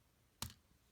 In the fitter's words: that just pops right in there